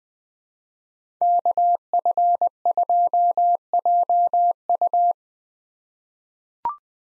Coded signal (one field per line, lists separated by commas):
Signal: Morse code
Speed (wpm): 20 wpm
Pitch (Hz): 700 Hz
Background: none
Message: KF2JU